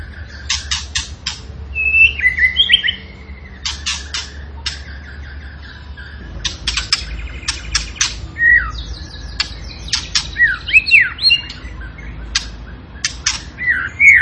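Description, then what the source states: Tembakan bird pouring out a varied song of sharp staccato clicks, short slurred whistles and twittering phrases, broken by brief quiet gaps. Cage bird in full, energetic song; a master recording used to train other cage birds.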